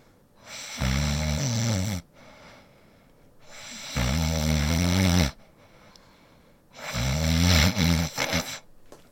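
Three loud, low rattling snores about 3 seconds apart, with quiet breathing between; an adult woman snoring.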